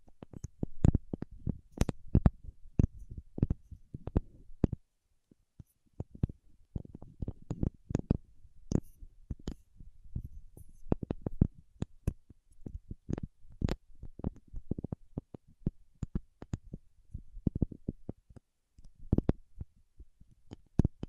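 Paraffin wax being tapped and scratched, with dense runs of sharp little clicks and taps scattered irregularly through the clip. The taps are dry and fairly low, some with a bright crackle on top. A short silent pause comes near five seconds before the activity resumes.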